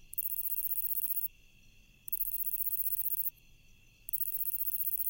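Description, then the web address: Lesser pine katydid singing loud, high, buzzy bursts separated by short pauses, with a faint steady background tone. "The Songs of Insects Lesser Pine Katydid"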